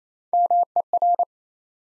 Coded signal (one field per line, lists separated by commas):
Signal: Morse code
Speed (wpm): 28 wpm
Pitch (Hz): 700 Hz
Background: none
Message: MER